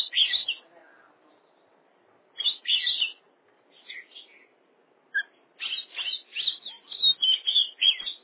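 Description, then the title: Oriental magpie-robin song: bursts of bright, varied whistles and harsh chattering notes, separated by short pauses, with a long run of rapid phrases in the second half. "Kacer"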